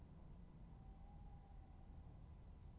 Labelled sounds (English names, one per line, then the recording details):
Tawny Owl
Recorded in Germany
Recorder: ecoPi